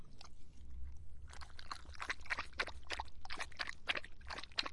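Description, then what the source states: Dog lapping, crisp splashing laps in a brisk series after a brief pause, with faint low hum underneath. Dog drinking.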